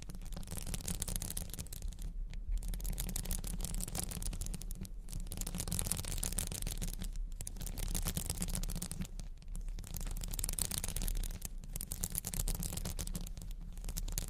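Crystals and beads are scratched and rubbed in a dense, steady, bright rasp over a low hum, with short pauses every two seconds or so.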